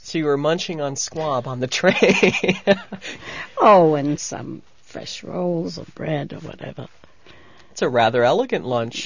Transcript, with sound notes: So you were munching on the squab on the train. (laughs)
Oh, and some fresh rolls or bread or whatever.
It was a rather elegant lunch.